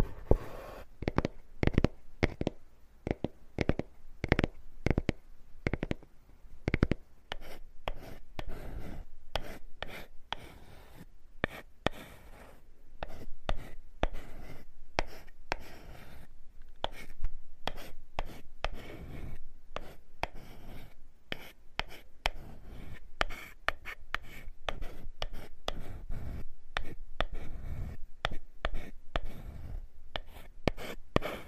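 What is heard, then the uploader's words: Wood scraping in quick, uneven strokes, each a short rasping burst that sweeps across low and high tones. The strokes come densely and irregularly throughout, with a few louder sharp hits early on and a steadier, busier texture in the second half. This episode is Wood Scraping.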